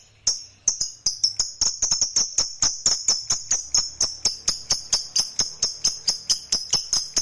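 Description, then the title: Lovebird chattering song: after a brief pause, a fast, steady run of shrill, high, ticking notes that keeps going to the end. "Suara Lovebird"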